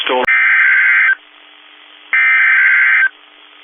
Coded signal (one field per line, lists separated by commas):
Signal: Emergency Alert System (SAME) tones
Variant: header bursts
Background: speech